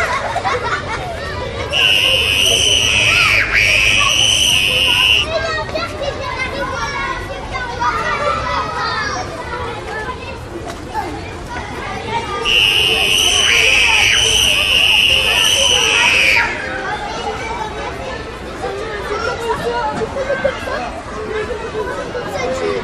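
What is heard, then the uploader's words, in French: A school playground at recess: a dense, steady crowd of children's voices chattering and calling all around. Two long, piercing shrieks stand out above the din, one early on lasting a few seconds and another around the middle, with lower rumble underneath. Cour de récréation.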